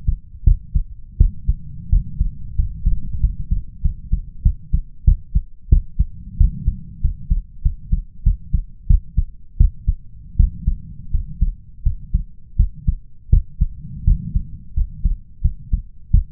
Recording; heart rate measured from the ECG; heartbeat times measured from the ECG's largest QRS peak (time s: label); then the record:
heart sounds by stethoscope; 88 bpm
0.44 s: heartbeat
1.17 s: heartbeat
1.89 s: heartbeat
2.55 s: heartbeat
3.20 s: heartbeat
3.81 s: heartbeat
4.42 s: heartbeat
5.04 s: heartbeat
5.69 s: heartbeat
6.37 s: heartbeat
7.01 s: heartbeat
7.62 s: heartbeat
8.23 s: heartbeat
8.87 s: heartbeat
9.57 s: heartbeat
10.36 s: heartbeat
11.11 s: heartbeat
11.83 s: heartbeat
12.56 s: heartbeat
13.29 s: heartbeat
14.04 s: heartbeat
14.73 s: heartbeat
15.41 s: heartbeat
16.10 s: heartbeat
From the record:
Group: healthy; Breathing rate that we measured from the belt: 14 breaths a minute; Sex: male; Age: 21 years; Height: 180 cm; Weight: 67.5 kg